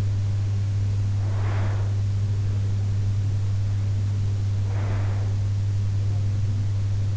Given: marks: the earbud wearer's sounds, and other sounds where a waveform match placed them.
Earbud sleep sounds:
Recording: sounds in sleep by an in-ear microphone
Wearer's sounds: breath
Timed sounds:
0.81-2.38 s: breath
4.41-5.57 s: breath

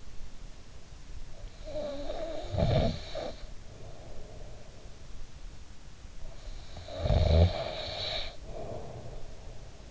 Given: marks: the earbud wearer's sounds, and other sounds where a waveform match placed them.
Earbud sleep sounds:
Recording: sounds in sleep by an in-ear microphone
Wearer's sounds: snoring breath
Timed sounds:
1.30-4.87 s: snoring breath
6.17-9.91 s: snoring breath

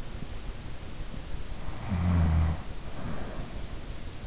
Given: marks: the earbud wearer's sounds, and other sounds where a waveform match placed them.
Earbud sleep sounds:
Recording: sounds in sleep by an in-ear microphone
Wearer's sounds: snoring breath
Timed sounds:
1.42-3.94 s: snoring breath

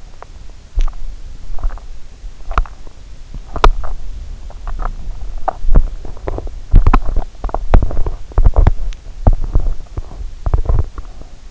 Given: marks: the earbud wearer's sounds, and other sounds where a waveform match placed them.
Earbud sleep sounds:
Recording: sounds in sleep by an in-ear microphone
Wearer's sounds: teeth grinding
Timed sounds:
0.00-11.51 s: teeth grinding

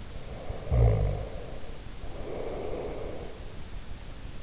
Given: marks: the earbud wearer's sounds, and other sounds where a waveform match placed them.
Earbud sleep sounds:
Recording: sounds in sleep by an in-ear microphone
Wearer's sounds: snoring breath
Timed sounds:
0.00-3.51 s: snoring breath

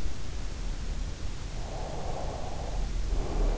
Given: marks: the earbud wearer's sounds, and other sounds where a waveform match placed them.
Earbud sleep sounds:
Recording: sounds in sleep by an in-ear microphone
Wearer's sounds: breath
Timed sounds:
1.33-3.52 s: breath

